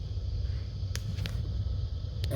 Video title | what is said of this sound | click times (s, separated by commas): How to change a cabin air filter / pollen filter on a Ford Ranger, Mazda BT 50, Raptor, Wildtrak DIY | push it back in and you'll hear it click then | 1.0 s, 1.3 s